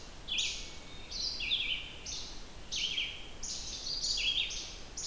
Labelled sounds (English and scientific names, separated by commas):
Red-eyed Vireo (Vireo olivaceus) song